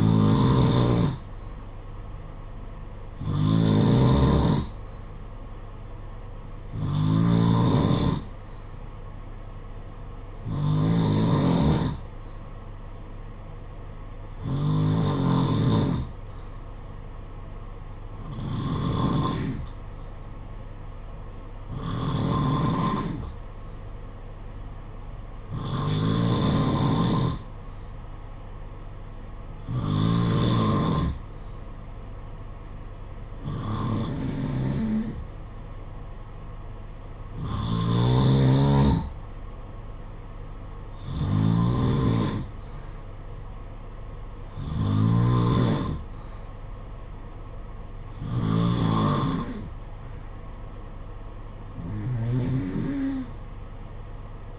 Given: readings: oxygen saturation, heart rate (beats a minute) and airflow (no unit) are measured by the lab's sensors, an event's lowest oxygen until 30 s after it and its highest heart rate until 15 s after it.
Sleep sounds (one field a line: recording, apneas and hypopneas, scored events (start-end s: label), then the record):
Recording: breathing in sleep by a smartphone at the bedside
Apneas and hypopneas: none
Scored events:
18.00-54.59 s: new sleep stage, N2 (light sleep)
From the record:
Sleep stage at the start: N1 (lightest sleep)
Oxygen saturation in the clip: 89 to 93%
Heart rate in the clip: 53 to 62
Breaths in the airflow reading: 15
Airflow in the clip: -6.5 to 3.4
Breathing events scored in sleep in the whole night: 476 in 9.7 hours asleep